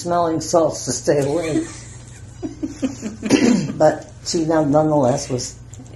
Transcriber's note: laughter